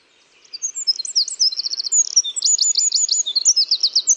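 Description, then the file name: Eurasian wren song: a vigorous, very high series of sharp notes and quick rattling trills, steady and energetic after a soft beginning. "Troglodytes troglodytes"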